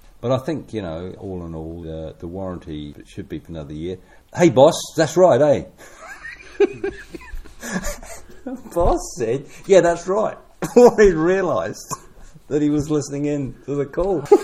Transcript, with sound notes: But I think, you know, all in all the warranty should be for another year. Hey boss – that’s right, eh?” [Chuckle] The boss said, “Yeah, that’s right”; [chuckle] before he realised that he was listening in to the call.